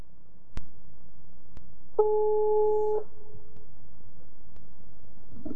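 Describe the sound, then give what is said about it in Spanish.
A single steady, mid-pitched telephone ringing tone lasts about a second over a low hum, then the line stays quiet with no answer. A couple of faint clicks come before it. “¿Estará cerca el teléfono?”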